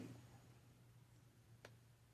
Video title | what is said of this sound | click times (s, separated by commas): Andis AGC Cable Replacement | there's that click so that's it lined up with a thread | 1.6 s